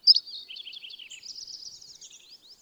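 Bird song: one sharp high note opens a steady run of rapid, jumbled twittering.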